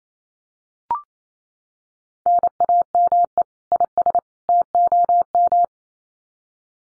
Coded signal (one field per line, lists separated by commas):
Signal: Morse code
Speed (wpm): 28 wpm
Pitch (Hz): 700 Hz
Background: none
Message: NAME IS TOM